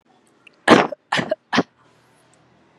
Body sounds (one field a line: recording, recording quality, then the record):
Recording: shallow voluntary cough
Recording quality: excellent, no background noise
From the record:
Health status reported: exposed to COVID-19, no respiratory illness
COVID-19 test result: negative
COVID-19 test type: RT-PCR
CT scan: not taken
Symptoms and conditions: none ticked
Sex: female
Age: 23 years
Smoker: no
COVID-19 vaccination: both doses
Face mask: worn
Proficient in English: yes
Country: India